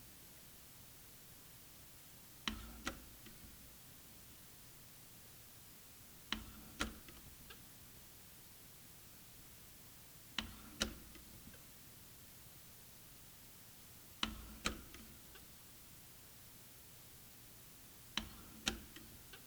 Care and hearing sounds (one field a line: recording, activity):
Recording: daily activity, guitar pickup as the sensor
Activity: manipulate door